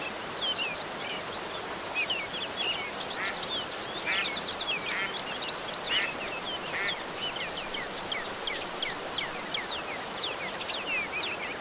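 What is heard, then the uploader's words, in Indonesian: Birds chirp busily over the steady rushing of a waterfall, with many quick bright calls layered throughout and no pauses. Kombinasi suara kicauan dan air terjun untuk terapi pemulihan burung stres.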